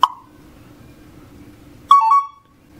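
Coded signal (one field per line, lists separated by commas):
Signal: beep code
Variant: Zebra MP7000 scanner scale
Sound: brief beep, low hum, then a three-step high-low-high warble near 1 kHz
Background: low electrical hum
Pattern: high-low-high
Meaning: Copying files to the USB drive is finished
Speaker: when it's done you'll hear this unique warble tone like a high low high and that indicates that it's done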